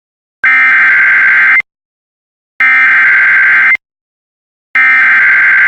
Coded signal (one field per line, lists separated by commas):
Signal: Emergency Alert System (SAME) tones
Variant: header bursts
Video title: EAS #46-52: Seven WX Alerts (WJON/IP Relays)